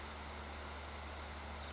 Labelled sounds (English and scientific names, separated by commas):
Brown Creeper (Certhia americana)